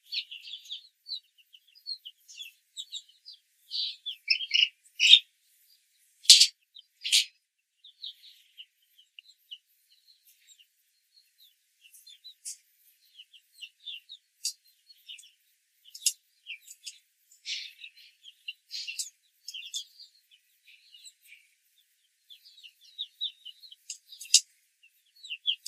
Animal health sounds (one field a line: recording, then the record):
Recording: young laying hens in a cage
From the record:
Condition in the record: control cage, after the stress test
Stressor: none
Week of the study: 4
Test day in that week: 1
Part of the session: 1